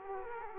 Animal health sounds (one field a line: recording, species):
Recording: mosquito wingbeat signal from an infrared sensor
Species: Aedes aegypti